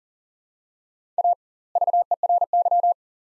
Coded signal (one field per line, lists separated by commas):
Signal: Morse code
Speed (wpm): 40 wpm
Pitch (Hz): 700 Hz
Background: none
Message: A VERY